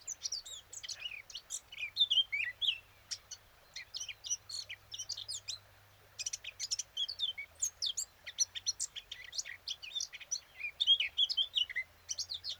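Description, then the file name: Eurasian blackcap song: a long run of fast, jumbled high twittering and chattering notes, broken by a brief pause near the middle, with a faint low hum underneath. "Sylvia atricapilla"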